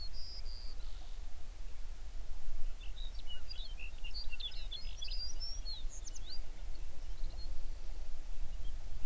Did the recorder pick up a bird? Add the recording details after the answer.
yes. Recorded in the Prudhoe Bay oil fields, Alaska, on 11 June 2019 at 05:22. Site 21